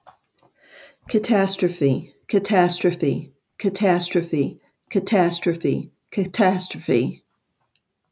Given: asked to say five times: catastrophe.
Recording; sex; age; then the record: repeated word; female; 70 to 79 years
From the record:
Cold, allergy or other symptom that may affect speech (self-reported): no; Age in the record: 72 years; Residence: North Carolina, United States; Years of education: 16